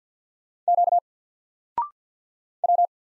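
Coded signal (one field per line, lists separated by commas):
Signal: Morse code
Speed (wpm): 50 wpm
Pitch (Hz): 700 Hz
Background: none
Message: Q W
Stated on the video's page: Single letters sent in Morse at 50 wpm for instant character recognition, each sent, spoken after a 0.6-second pause, then sent again.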